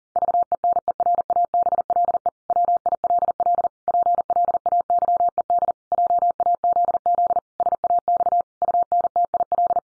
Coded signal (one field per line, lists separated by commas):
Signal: Morse code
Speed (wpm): 37 wpm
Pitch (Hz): 700 Hz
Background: none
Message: VENERABLE WILL PLAYED JAZZ SAX UNTIL